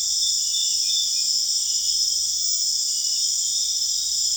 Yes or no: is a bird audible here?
no